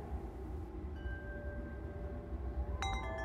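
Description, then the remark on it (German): Two metal wind chimes made of small metal balls on strings, hanging on a veranda, ring faintly as wind blows over the desert with a steady low rumble, with a soft sustained tone midway and then a bright cluster of clinking, shimmering notes near the end. “Wenn ich überlege, was mich am meisten berührt hat, dann sind es, glaube ich, die beiden Windspiele, Glockenspiele, die auf ihrer Veranda hängen. Also so kleine, ja, Metallkugeln an Fäden.”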